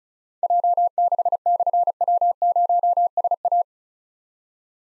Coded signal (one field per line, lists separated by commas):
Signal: Morse code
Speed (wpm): 36 wpm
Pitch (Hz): 700 Hz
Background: none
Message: J6/W0SA